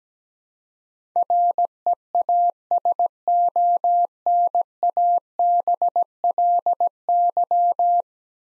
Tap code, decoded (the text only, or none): none